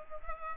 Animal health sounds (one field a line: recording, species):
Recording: mosquito wingbeat signal from an infrared sensor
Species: Culex pipiens